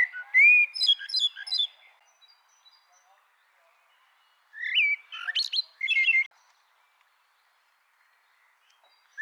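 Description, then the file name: Eurasian blackbird delivering high, squeaky twittering phrases mixed with short whistles, two bursts separated by a quiet pause. "Turdus merula"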